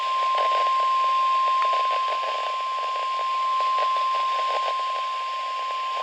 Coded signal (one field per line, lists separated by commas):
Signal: Emergency Alert System (SAME) tones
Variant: 1050 Hz attention tone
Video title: MY FIRST NWS BOX WEEKLY TEST!!!!! (EAS #2356)